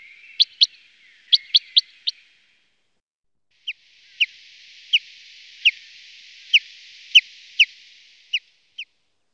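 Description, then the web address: Common chaffinch song heard as short bright high notes, a quick cluster early on, then evenly spaced sharp notes over a faint hiss after a pause. "spiew ptakow zieby"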